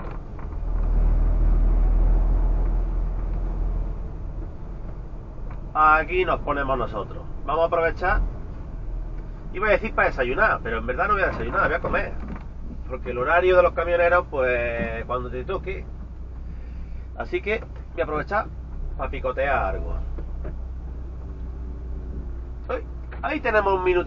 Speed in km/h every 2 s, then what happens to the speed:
34, 34, 34, 31, 20, 19, 17, 5, 0, 0, 0, 0.
0-6 steady at about 34. 6-16 slows to 0. 16-24 standing.